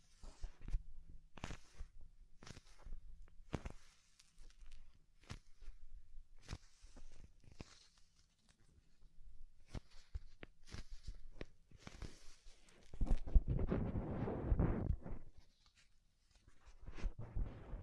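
Soft, fluffy ASMR triggers: irregular taps and brushing strokes, with a denser rustling swell around thirteen to fifteen seconds, over near silence.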